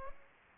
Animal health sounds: mosquito wingbeat signal from an infrared sensor; Aedes aegypti

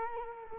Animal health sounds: mosquito wingbeat signal from an infrared sensor; Culex quinquefasciatus

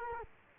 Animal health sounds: mosquito wingbeat signal from an infrared sensor; Culex quinquefasciatus

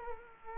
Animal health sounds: mosquito wingbeat signal from an infrared sensor; Culex quinquefasciatus

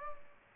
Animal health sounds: mosquito wingbeat signal from an infrared sensor; Aedes aegypti

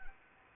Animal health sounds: mosquito wingbeat signal from an infrared sensor; Anopheles arabiensis

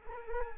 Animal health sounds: mosquito wingbeat signal from an infrared sensor; Culex quinquefasciatus

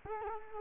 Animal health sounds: mosquito wingbeat signal from an infrared sensor; Culex quinquefasciatus

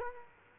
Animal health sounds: mosquito wingbeat signal from an infrared sensor; Culex quinquefasciatus

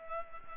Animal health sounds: mosquito wingbeat signal from an infrared sensor; Culex pipiens

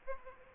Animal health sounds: mosquito wingbeat signal from an infrared sensor; Aedes aegypti

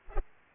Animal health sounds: mosquito wingbeat signal from an infrared sensor; Culex pipiens

